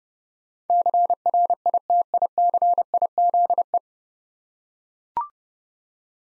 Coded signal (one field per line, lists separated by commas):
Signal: Morse code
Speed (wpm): 30 wpm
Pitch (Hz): 700 Hz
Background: none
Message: CRITICIZE